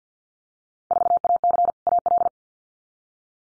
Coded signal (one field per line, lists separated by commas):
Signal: Morse code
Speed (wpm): 50 wpm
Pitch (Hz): 700 Hz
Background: none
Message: 4AC AL